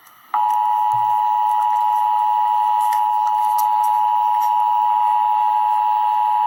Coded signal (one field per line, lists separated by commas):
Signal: Emergency Alert System (SAME) tones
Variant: 853 and 960 Hz attention tone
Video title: Emergency Alert System - Heat Advisory - Jul 3, 2026 at 8:05 PM EDT